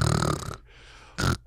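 An adult imitates a snore, a low rumbling snort like the snoring heard with sleep apnea.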